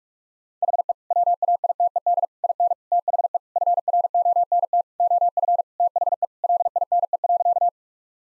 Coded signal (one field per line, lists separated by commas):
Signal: Morse code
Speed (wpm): 41 wpm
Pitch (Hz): 700 Hz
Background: none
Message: HE WAITED IN THE FRONT OF THE LINE.